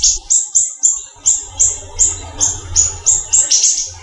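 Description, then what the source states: Greater green leafbird song: about a dozen high, bright whistled notes in quick, slightly uneven succession over a faint low hum. Local name Cucak Ijo, variety called daun kecil.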